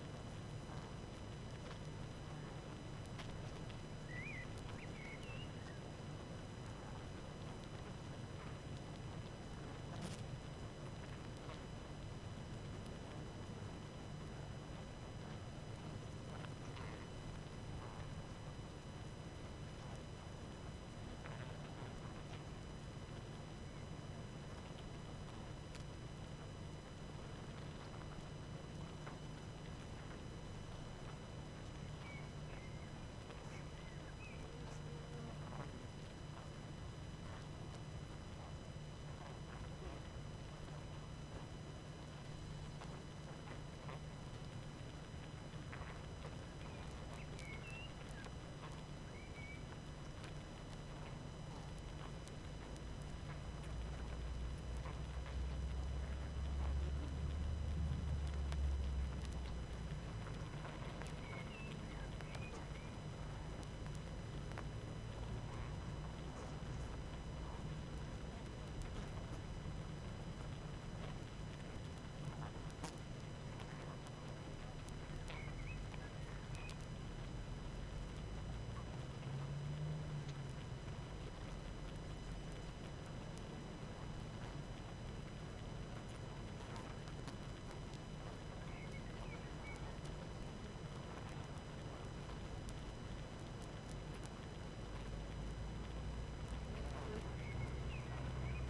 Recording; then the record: honeybee colony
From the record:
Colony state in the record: active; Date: 12 June 2018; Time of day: 18:55